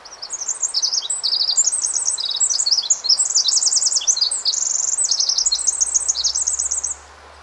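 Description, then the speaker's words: Pacific wren song: a long, rapid torrent of high, tinkling trills and twitters, nearly continuous for about seven seconds before stopping abruptly. Played a second time; very small bird singing an immense number of very fast notes, usually perched atop a snag 10 to 15 feet up; common in forests. "So I'll go ahead and play the Pacific Wren song once more."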